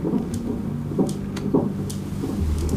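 Rhythmic, muffled whooshing pulses over a low rumbling hum, a Doppler probe picking up a fetal heart during a prenatal check by a midwife. The rapid beat sounds steady, a normal fetal heart rhythm, the baby's heart beating perfectly well. The baby is a boy.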